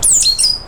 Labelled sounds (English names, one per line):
Stitchbird song